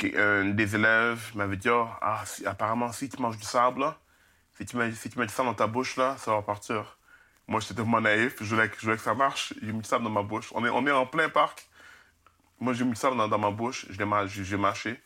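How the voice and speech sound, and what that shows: A man tells a story in French at a mostly steady pace, broken by several phrase repetitions ("si tu mets, si tu mets", "je voulais que, je voulais que"), a glottal catch before a repeated phrase, and a drawn-out vowel at the start. These are mild stuttering disfluencies in an adult who stutters and who stuttered severely when younger.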